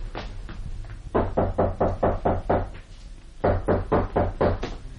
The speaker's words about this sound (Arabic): مولاتي، كأنما ليس بالدار من أحد، طرقت وطرقت فلم يفتح لي.